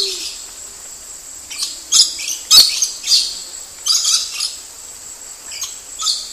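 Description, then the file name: Lorikeet giving shrill, screechy high-pitched calls in scattered bursts, with a steady high hiss running beneath and quieter gaps between outbursts. "Лори -Лорикет -Попугай -Голоса-птиц"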